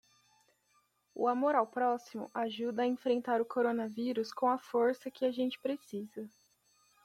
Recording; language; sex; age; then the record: spoken sentence; Brazilian Portuguese; female; 20 to 29 years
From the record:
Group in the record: control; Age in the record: 20 years